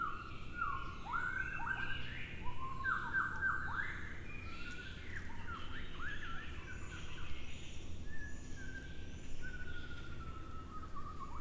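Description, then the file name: White-rumped shama song: rich, varied whistled phrases with quick rising and falling slurs, repeated in bursts, then a steady thin note, over steady low-pitched background rumble. Recorded at Shoushan. "壽山-白腰鵲鴝"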